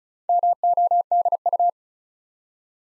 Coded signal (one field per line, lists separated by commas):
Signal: Morse code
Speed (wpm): 36 wpm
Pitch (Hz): 700 Hz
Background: none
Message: MODU